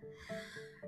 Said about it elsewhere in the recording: If any of you can hear snoring in the background, that's actually my bulldog, and she is extremely noisy.